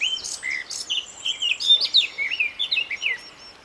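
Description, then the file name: Eurasian blackcap warbling steadily, a dense stream of scratchy and slurred high notes running for about three seconds. "Sylvia atricapilla"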